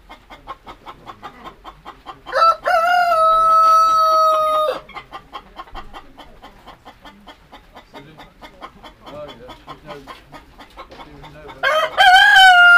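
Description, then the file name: Chickens clucking in steady quick pulses, interrupted by two loud sustained crows, one long and level, the other starting near the end. Hens. "campsea hens"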